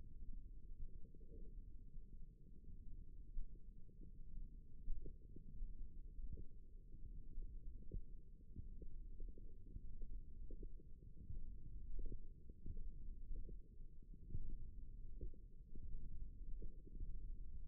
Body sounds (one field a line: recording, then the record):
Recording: forearm muscle sounds (acoustic myography)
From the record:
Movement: finger pinch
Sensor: system 1, eight BSWA MPA416 microphones around the upper forearm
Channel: 2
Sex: female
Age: 22 years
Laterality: right